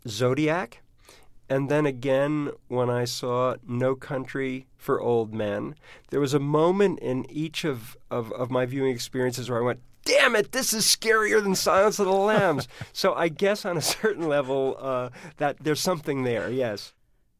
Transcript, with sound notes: "Zodiac" and then again when I saw "No Country For Old Men," there was a moment in each of my viewing experiences where I went - dammit, this is scarier than "Silence Of The Lambs."
(Laughter).
So I guess on a certain level that there's something there, yes.